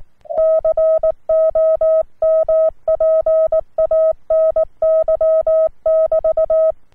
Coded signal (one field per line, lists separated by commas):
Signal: Morse code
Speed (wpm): 19 wpm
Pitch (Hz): 640 Hz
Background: none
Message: COMPANY<BT>